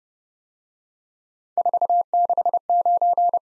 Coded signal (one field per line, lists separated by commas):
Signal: Morse code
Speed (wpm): 31 wpm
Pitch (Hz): 700 Hz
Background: none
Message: 469